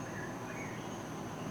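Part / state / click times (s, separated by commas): small internal piece going back into a smartphone housing / not seated / none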